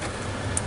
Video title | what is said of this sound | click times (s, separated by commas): 2010 Toyota Prius battery change (New Optima Battery) | heard that snap | 0.6 s